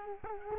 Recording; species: mosquito wingbeat signal from an infrared sensor; Culex quinquefasciatus